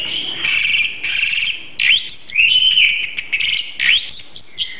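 Oriental magpie-robin song: continuous sweet warbling with rising and falling whistled slurs.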